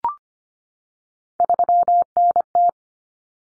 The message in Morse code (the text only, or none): 3NT